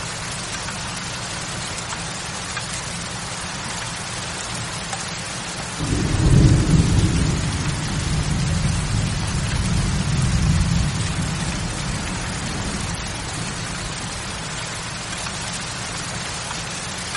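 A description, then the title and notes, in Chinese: Steady rain hisses evenly throughout, dense and bright with countless fine drops. Around six seconds a low rumble of thunder rolls in, swelling and grumbling until about eleven seconds before fading back under the constant downpour. 助眠雷雨声 雷暴背景。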